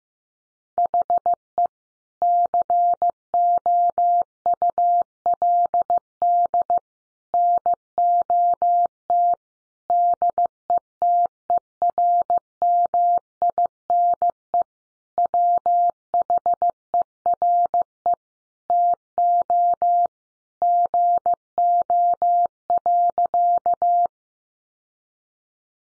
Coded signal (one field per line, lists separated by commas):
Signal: Morse code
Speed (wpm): 14 wpm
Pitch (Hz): 700 Hz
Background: none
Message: HE COULD NOT DETERMINE WHERE TO GO.